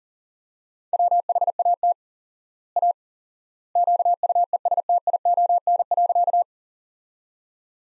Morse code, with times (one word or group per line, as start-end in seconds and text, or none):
0.9-1.9 WHAT
2.8-2.9 A
3.8-6.4 QUESTION.